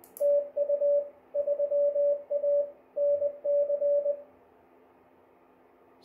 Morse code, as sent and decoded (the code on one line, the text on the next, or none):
- ..- / ...-- .- / -. -.-.
TU 3A NC